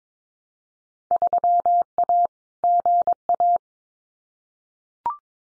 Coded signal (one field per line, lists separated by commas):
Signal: Morse code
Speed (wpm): 22 wpm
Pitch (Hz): 700 Hz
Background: none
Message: 3A GA